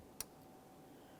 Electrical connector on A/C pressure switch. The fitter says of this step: once you hear the click you can go ahead and carefully pull up on that